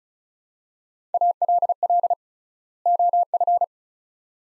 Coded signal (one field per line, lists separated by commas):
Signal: Morse code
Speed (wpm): 36 wpm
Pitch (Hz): 700 Hz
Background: none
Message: ALL OF